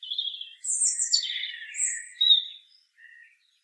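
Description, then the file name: European robin song: a rapid run of thin, high warbled phrases jumping between very high whistles and lower trills, ending in a short soft note after a brief pause. "Erithacus rubecula"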